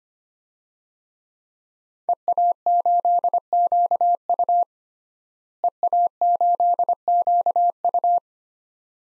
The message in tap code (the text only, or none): none